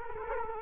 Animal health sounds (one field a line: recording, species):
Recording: mosquito wingbeat signal from an infrared sensor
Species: Culex quinquefasciatus